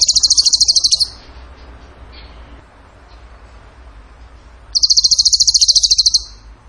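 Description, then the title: Bird delivering very high, tightly pulsed trills, one ending early on and another starting after a long quiet gap, both steady in pitch. Bird song in the gacor tembakan style, for masteran (training). "Masteran Burung Tembakan Gacor"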